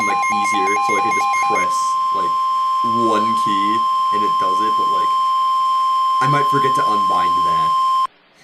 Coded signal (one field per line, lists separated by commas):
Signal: Emergency Alert System (SAME) tones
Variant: 1050 Hz attention tone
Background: speech